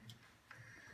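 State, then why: Not seated. A snowblower drive belt is being worked into the groove of the spring-loaded tension pulley on a John Deere 318 garden tractor, the setup for a 2-stage snowblower attachment. Two short, sharp ticks sound at about 0.1 s and 0.5 s over a low background hum. Nothing has seated or clicked into place yet; the belt is still being handled.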